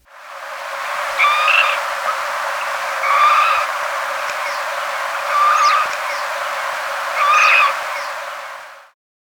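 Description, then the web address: Variable hawk calls: four harsh cries spaced about two seconds apart, over steady background hiss. Recorded in Ecuador. "Birds of Ecuador. Variable Hawk"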